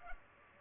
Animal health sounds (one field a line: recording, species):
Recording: mosquito wingbeat signal from an infrared sensor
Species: Culex pipiens